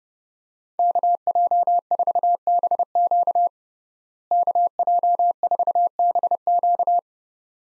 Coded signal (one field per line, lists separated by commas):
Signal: Morse code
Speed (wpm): 31 wpm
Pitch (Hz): 700 Hz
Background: none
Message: KJ4BQ KJ4BQ